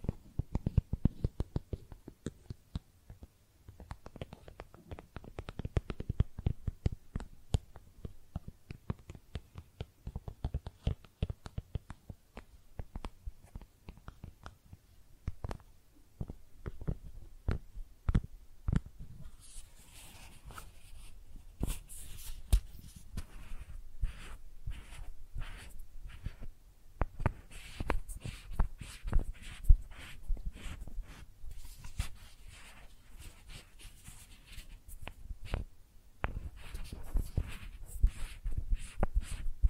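Makeup items are tapped and scratched in a quick, dense stream of small clicks and taps, with soft rubbing underneath. About halfway through, brighter, hissier scratching joins in and keeps coming in bursts to the end, while the tapping continues throughout.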